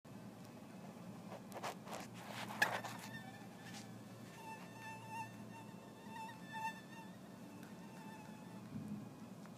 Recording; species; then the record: mosquito flight sound by mobile phone; Anopheles gambiae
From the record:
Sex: male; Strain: Kisumu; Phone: iPhone 4S